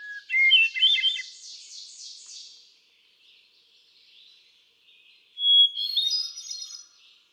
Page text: Birdsong for the Curious Naturalist. Hermit thrush. ♫396. A truly gifted and inspiring songster, example 1. Can you hear how he cycles through his repertoire of about ten different songs? June 13, 2006. Quabbin Park, Ware, Massachusetts